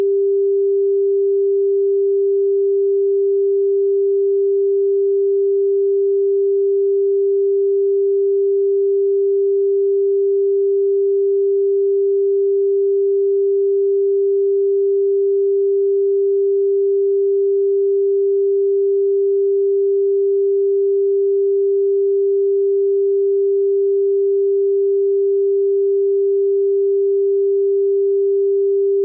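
A steady 396-hertz pure tone hums unchanged for the whole clip, a single smooth mid-low pitch at constant loudness with nothing else present.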